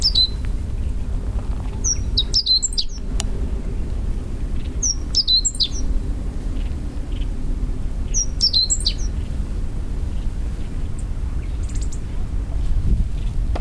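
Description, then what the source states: Meadow bunting calls: short, high, sharp chips in quick clusters of several notes, repeated at intervals over a steady low rumble. Subspecies Emberiza cioides castaneiceps.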